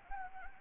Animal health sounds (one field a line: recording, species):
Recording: mosquito wingbeat signal from an infrared sensor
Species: Anopheles gambiae